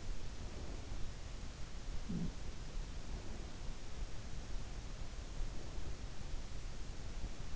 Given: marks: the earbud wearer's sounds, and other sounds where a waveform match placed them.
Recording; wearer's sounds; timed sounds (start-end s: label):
sounds in sleep by an in-ear microphone; breath
0.21-1.33 s: breath
1.59-2.57 s: sound from someone else or the room
2.75-3.96 s: breath
5.38-6.59 s: breath